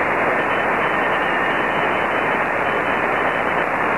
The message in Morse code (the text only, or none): AB9ML